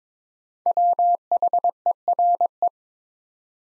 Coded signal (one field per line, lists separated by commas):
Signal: Morse code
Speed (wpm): 21 wpm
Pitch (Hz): 700 Hz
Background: none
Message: WHERE